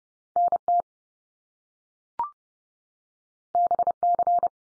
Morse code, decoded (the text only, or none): NT BC